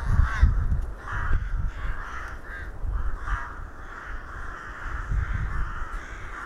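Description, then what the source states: Crows giving rapid harsh caws, a dense overlapping series from a group, with deep rumbling noise loudest at the start. Several crows recorded in Hernals, Vienna, in December 2021.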